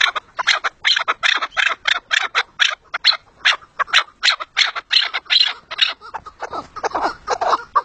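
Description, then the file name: Partridge calls as a rapid string of scratchy notes. "perdiz"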